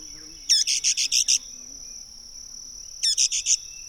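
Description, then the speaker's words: Brown-headed nuthatch giving rapid bursts of four to six squeaky chattering notes, two bursts about two and a half seconds apart, against a continuous high insect tone. Pinewood species, in an open-understory pine stand in the Apalachicola area, in the early morning. "And then another pinewood species chimes in, a brown-headed nuthatch."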